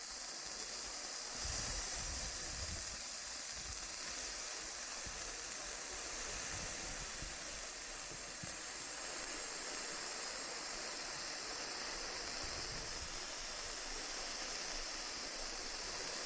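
Loofah scrubbing makes a dense, steady hiss that fills the whole 16 seconds with little change in level. The texture is bright and grainy, with fine crackles and small pops scattered throughout. Brief soft low thumps come through now and then.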